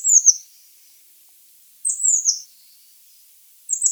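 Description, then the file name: Eurasian blue tit calls: thin, very high falling notes in short runs, repeated a few times. "Cyanistes caeruleus"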